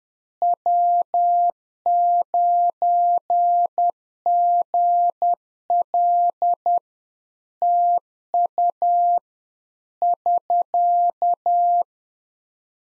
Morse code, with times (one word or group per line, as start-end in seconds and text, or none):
0.4-6.8 W9GL
7.6-9.2 TU
10.0-11.8 <SK>